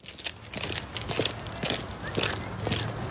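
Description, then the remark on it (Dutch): Steady footsteps crunch through the Haagse Bos forest in The Hague, Netherlands, a regular walking rhythm of soft thuds and crackles from leaves and twigs underfoot, with faint wind in the background, as a reporter walks with Dutch health minister Ernst Kuipers. “maakt een wandeling met minister Kuipers.”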